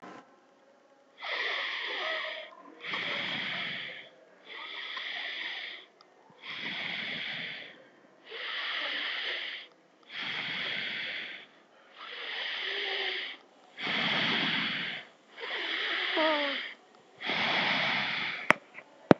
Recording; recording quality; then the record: deep breathing; excellent, no background noise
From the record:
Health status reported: healthy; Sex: male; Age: 31 years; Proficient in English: yes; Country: India